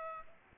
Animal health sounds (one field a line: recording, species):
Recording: mosquito wingbeat signal from an infrared sensor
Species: Aedes aegypti